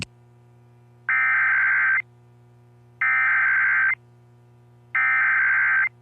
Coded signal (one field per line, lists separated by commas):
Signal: Emergency Alert System (SAME) tones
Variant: header bursts